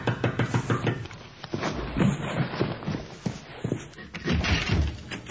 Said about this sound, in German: weckte ihn Rüdiger unsanft durch lautes Klopfen ans Fenster